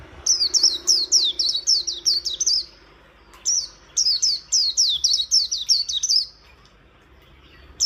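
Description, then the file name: White-eye giving two long phrases of rapid, high-pitched falling notes, each around two to three seconds, with a pause between them. "Zosterops"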